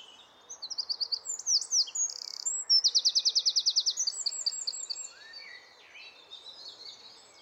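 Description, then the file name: Eurasian wren song: quick high notes, a dense machine-gun trill in the middle, then softer twittering phrases trailing off. "Troglodytes troglodytes"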